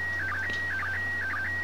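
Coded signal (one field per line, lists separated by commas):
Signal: SSTV (slow-scan television)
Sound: steady high whistle broken three times by quick warbling lower tone steps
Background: low hum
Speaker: this is slow scan TV I think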